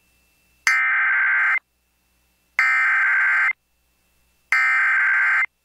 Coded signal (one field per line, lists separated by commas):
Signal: Emergency Alert System (SAME) tones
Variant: header bursts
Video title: EAS PDS Tornado Warning Northwest Arkansas NOAA Weather Radio (Large Tornado On The Ground!)